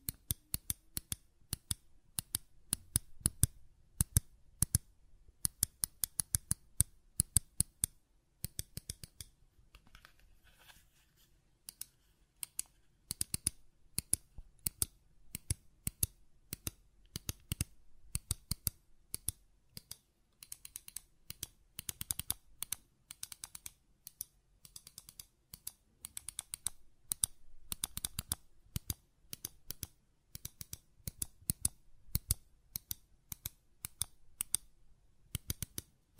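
Buttons click and tap in rapid, uneven bursts of sharp, bright snaps, with brief quiet gaps around ten and twenty seconds.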